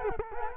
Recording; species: mosquito wingbeat signal from an infrared sensor; Culex quinquefasciatus